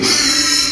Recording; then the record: squeal of a Yucatan mini pig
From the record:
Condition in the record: after surgery on the right vocal fold (resection and tissue-engineered implant); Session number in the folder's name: 2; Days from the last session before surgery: 13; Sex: male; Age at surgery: 12 weeks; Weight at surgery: 13 kg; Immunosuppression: cyclosporine, prednisolone